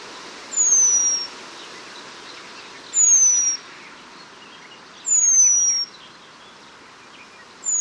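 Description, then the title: Eurasian penduline tit calling a long, fine, descending whistle, repeated four times roughly every two to two and a half seconds over a soft background hiss. "La Mésange rémiz (Remiz pendulinus)"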